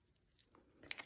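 Rivet pliers squeeze the back of a crystal rivet closed onto its post, which has already been passed through an eyeball piece and the fabric hair loop of a bun cover. A couple of faint ticks lead into a sharp, bright snap at 0.9 s, followed by a softer tick just after. The rivet is seated.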